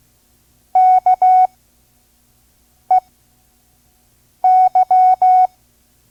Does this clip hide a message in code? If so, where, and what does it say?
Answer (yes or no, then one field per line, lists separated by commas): yes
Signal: Morse code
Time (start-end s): 0.8-5.5 s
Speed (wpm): 16 wpm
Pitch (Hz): 740 Hz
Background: none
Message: KEY